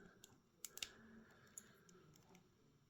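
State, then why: Seated. A small plastic action-figure pistol from the G.I. Joe Classified Series #74 Scrap-Iron figure is pushed into the figure's molded gun pouch holster. A few light plastic ticks and scrapes are heard, with a sharp snap at 0.6 s as the pistol clicks into place. The pistol ends up seated in the pouch.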